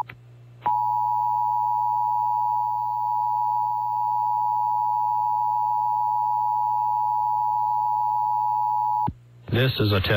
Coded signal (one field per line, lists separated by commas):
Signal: Emergency Alert System (SAME) tones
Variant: 853 and 960 Hz attention tone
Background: speech